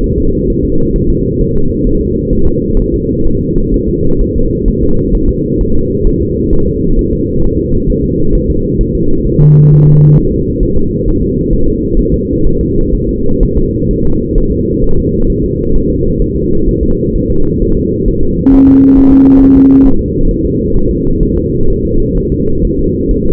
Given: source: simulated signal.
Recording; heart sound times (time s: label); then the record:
fetal heart sounds
0.04 s: S1
0.18 s: S2
0.50 s: S1
0.64 s: S2
0.96 s: S1
1.10 s: S2
1.41 s: S1
1.56 s: S2
1.87 s: S1
2.01 s: S2
2.33 s: S1
2.47 s: S2
2.79 s: S1
2.94 s: S2
3.27 s: S1
3.41 s: S2
3.74 s: S1
3.88 s: S2
4.21 s: S1
4.36 s: S2
4.68 s: S1
4.83 s: S2
5.15 s: S1
5.29 s: S2
5.61 s: S1
5.75 s: S2
6.07 s: S1
6.21 s: S2
6.53 s: S1
6.67 s: S2
6.99 s: S1
7.13 s: S2
7.44 s: S1
7.59 s: S2
7.90 s: S1
8.04 s: S2
8.35 s: S1
8.50 s: S2
8.81 s: S1
8.95 s: S2
9.27 s: S1
9.41 s: S2
9.72 s: S1
9.87 s: S2
10.18 s: S1
10.32 s: S2
10.63 s: S1
10.77 s: S2
11.08 s: S1
11.22 s: S2
11.53 s: S1
11.68 s: S2
11.99 s: S1
12.14 s: S2
12.47 s: S1
12.61 s: S2
12.95 s: S1
13.09 s: S2
13.43 s: S1
13.57 s: S2
13.91 s: S1
14.05 s: S2
14.38 s: S1
14.52 s: S2
14.84 s: S1
14.98 s: S2
15.30 s: S1
15.44 s: S2
15.76 s: S1
15.90 s: S2
16.22 s: S1
16.36 s: S2
16.69 s: S1
16.83 s: S2
17.16 s: S1
17.30 s: S2
17.62 s: S1
17.77 s: S2
18.08 s: S1
18.23 s: S2
18.54 s: S1
18.68 s: S2
18.98 s: S1
19.12 s: S2
19.42 s: S1
19.57 s: S2
19.86 s: S1
20.01 s: S2
20.31 s: S1
20.45 s: S2
20.77 s: S1
20.91 s: S2
21.23 s: S1
21.38 s: S2
21.70 s: S1
21.85 s: S2
22.18 s: S1
22.32 s: S2
22.65 s: S1
22.79 s: S2
23.11 s: S1
23.26 s: S2
From the record:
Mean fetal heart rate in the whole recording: 130 bpm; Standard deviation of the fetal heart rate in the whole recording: 4 bpm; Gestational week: 38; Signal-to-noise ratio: -17.7 dB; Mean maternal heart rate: 72 bpm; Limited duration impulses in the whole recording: present